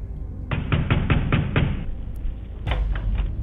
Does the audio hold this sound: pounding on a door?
yes